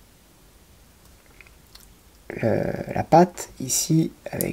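The plastic rear-view mirror of a 1/8 scale Citroën 2CV model kit is handled and positioned at its mounting tab at the rear, where it is meant to clip on. Faint light taps come at about 1.4 s and 1.8 s over near silence, then someone talks from about 2.3 s. Nothing has seated or clicked yet.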